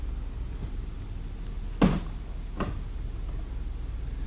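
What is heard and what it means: The backrest of an Urbana Viva-Lift PLR-965 power recliner is slid down onto the base brackets, with a sharp click at 1.8 s and a softer click at 2.6 s over a low steady hum. The result is only partial: it latches on the left side but not the right, which still moves a little.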